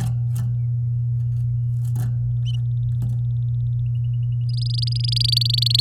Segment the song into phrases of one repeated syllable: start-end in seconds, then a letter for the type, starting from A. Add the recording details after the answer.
4.49-5.80 A. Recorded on 8 May 2018 at 07:10. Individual llb16